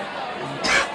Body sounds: coughing mixed with background sound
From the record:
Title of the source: 64 coughing, allergies, singing lungs

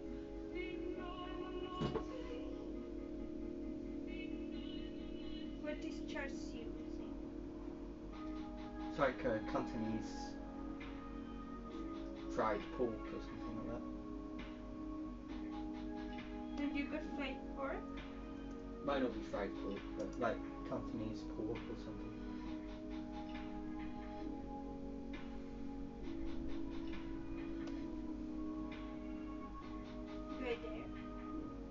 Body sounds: background sound without coughing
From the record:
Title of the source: BackgroundMusic3

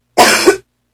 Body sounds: coughing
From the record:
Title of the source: 61 morning phlegmy cough...again

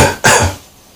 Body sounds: coughing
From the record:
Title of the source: Spring Cold Coughing 2

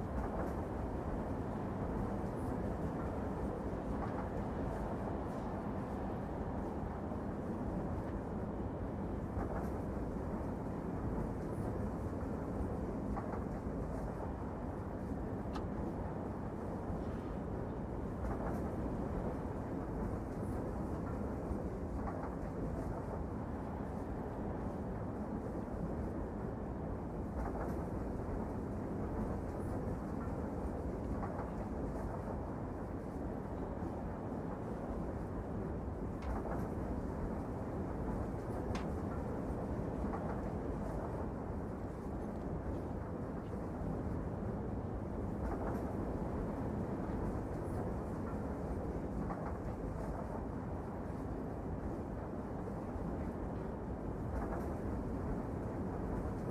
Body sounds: background sound without coughing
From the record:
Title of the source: Train Ride Ambience ambient white noise for sleeping, focus, studying, reading

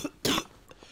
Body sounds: coughing mixed with background sound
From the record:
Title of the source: Wet coughing

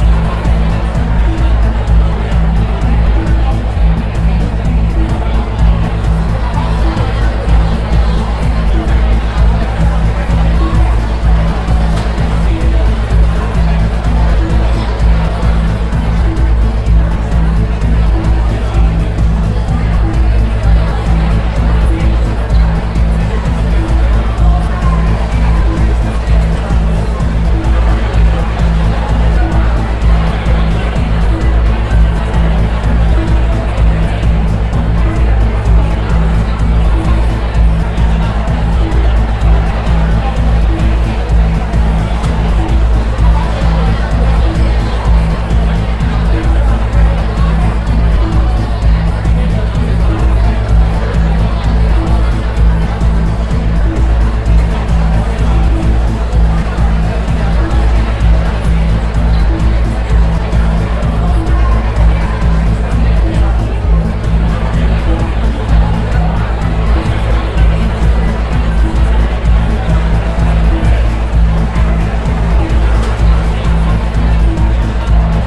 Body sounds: background sound without coughing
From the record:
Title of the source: Party Noise 1 Hour Party Ambience

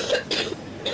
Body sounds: coughing mixed with background sound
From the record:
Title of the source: 55 gaggy wet cough

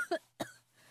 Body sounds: coughing mixed with background sound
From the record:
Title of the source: 1125 Coughing SOUND Effect

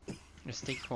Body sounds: coughing mixed with background sound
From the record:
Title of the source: Dry Coughing Fit in the Afternoon.

